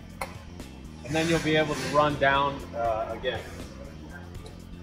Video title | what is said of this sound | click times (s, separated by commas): Compact Electric Hoist Operation | go ahead and take your long silver reset handle pull it clockwise till you hear it click and | 0.2 s